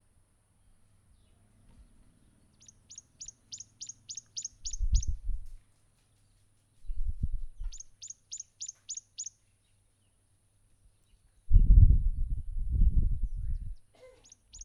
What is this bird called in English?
Tawny-flanked Prinia